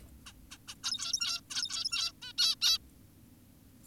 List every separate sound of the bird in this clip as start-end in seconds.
0.26-0.33, 0.51-0.58, 0.68-0.75, 0.84-1.41, 1.51-2.12, 2.22-2.33, 2.38-2.55, 2.62-2.78